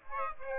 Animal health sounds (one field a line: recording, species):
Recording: mosquito wingbeat signal from an infrared sensor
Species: Aedes aegypti